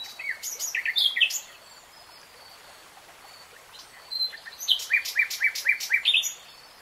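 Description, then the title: Nightingale song: a phrase of sharp chirps, a pause, then a run of rapid repeated notes with high clicks, over soft background hiss. Singing in real time. "[Tiếng chim hót] 3 Hours REALTIME Nightingale Singing"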